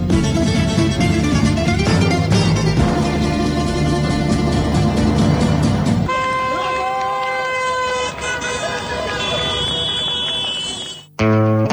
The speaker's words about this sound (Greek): Κόρνα. Είναι πιο χαρούμενη όταν περνάει την ανοιχτά διόδια από ότι είναι μια κόρνα που συνήθως ακούμε στους δρόμους. Φαίνεται, την αισθάνεσαι, κορνάρι με χαρά